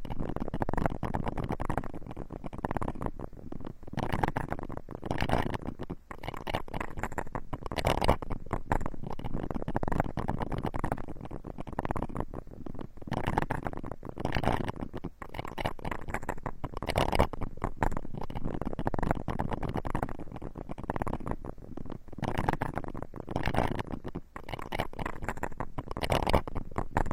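Ear picking and massage sounds: dense, continuous rustling and scraping with muffled low rumbles, frequent brief crackles, steady throughout.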